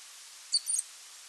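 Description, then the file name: Green odorous frog call, a brief pair of very high, thin chirps against a steady hiss of background noise. "Odorrana Graminea"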